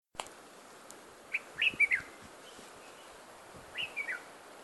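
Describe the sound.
Bird chirps: a quick cluster of thin high notes, then a short pause and a second similar burst, over faint background hiss.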